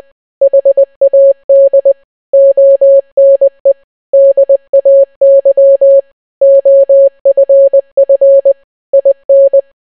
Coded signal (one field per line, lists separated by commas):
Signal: Morse code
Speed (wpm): 20 wpm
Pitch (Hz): 550 Hz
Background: none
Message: HAD ONE DAY OFF IN